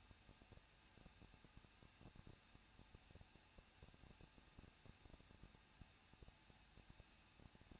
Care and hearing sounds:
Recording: daily activity, microphone in the room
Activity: no activity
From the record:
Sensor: 2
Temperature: 21.0 degrees Celsius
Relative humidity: 37.3%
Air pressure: 1006.2 hPa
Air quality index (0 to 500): 222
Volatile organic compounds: 24 ppm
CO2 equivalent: 2810 ppm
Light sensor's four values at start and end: 2/3/2/2 and 2/3/2/2

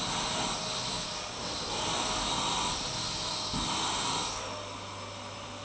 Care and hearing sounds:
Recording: daily activity, microphone in the room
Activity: vacuum cleaning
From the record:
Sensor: 1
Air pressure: 991.0 hPa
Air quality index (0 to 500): 118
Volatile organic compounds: 173 ppm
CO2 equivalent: 4118 ppm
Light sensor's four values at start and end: 19/44/19/20 and 18/44/18/20

